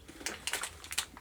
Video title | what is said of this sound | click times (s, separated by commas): HP Envy Photo 7155 - UNBOXED AND INSTALLED!!!! | Push that in till it clicks. | 0.5 s